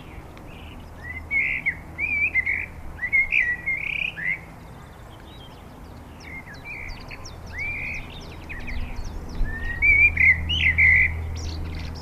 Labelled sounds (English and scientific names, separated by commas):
Common Blackbird (Turdus merula) song